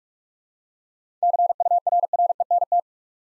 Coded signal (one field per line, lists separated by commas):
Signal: Morse code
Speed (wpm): 43 wpm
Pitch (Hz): 700 Hz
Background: none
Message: CURRENT